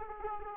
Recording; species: mosquito wingbeat signal from an infrared sensor; Aedes aegypti